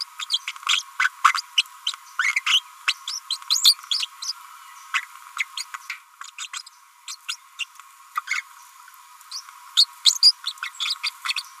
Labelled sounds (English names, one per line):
Green-rumped Parrotlet babbling